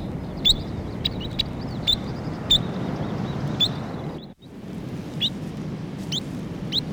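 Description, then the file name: New Zealand dotterel giving clipped, high chirps at uneven intervals, with a short gap midway, over constant rushing wind or surf noise. "nz dotterel song"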